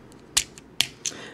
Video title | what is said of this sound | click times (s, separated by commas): Mini Tobot Evolution Y Review (by Young Toys 또봇) | you want to pull the legs down until they snap | 0.4 s, 0.8 s